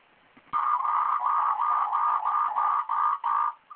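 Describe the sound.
Frog gives a long run of rapid, evenly repeated croaking pulses, roughly three per second, steady and rattling throughout.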